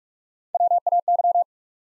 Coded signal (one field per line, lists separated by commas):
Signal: Morse code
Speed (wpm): 44 wpm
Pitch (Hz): 700 Hz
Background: none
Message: W A Y